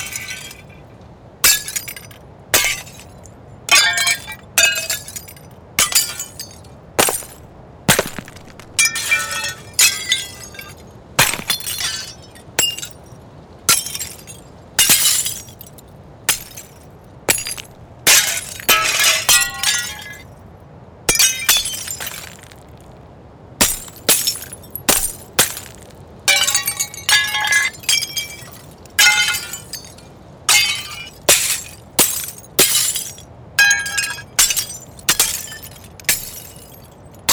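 Glass breaks and shatters in a long run of separate crashes, each a sharp, bright impact followed by tinkling shards falling and settling. Hits come every second or so, some sparse, others clustered, with quiet pauses between and a low, faint hum underneath.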